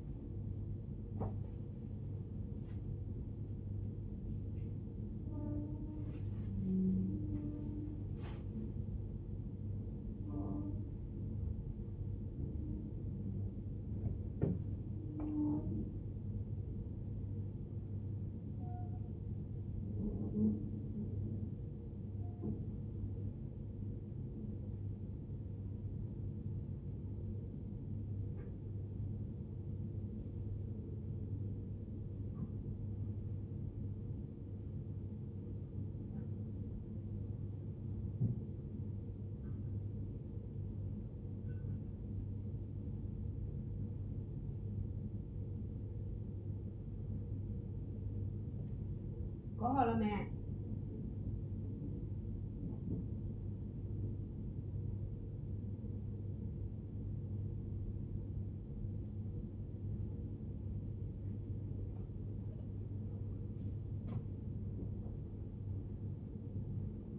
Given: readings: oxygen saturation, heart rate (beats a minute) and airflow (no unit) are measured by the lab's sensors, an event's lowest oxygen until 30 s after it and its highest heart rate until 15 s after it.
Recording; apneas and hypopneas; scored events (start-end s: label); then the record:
a person awake in a sleep study, by a smartphone at the bedside; none
0.00-67.19 s: awake
0.00-67.19 s: awake
From the record:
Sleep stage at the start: awake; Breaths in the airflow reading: 20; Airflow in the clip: -0.6 to 0.7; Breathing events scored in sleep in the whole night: 103 in 8.4 hours asleep